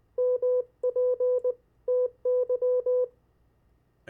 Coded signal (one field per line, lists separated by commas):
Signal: Morse code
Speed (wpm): 20 wpm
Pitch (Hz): 500 Hz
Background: none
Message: MPTY